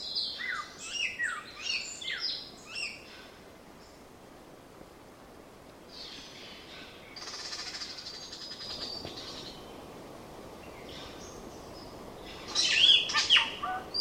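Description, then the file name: Tooth-billed bowerbird calls: a cluster of rapid scratchy notes, a long hissing buzzy stretch, then a loud final burst of harsh chattering. "Scenopoeetes Dentirostris"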